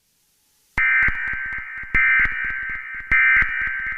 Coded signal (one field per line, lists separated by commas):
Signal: Emergency Alert System (SAME) tones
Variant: end-of-message bursts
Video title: EAS Scenario 15: SpongeBob.EXE